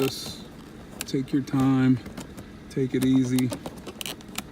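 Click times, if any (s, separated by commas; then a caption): none. A plastic tweeter speaker grill is handled against the car door/dash trim panel of a Mercedes-Benz E320/E430 W210 while someone talks, with short plastic clicks and taps from the handling. Nothing has seated or snapped into place yet.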